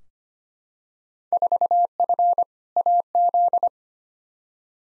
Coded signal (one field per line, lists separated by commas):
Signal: Morse code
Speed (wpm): 25 wpm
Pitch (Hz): 700 Hz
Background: none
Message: 4F AZ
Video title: Field Day Exchange v2 - 25wpm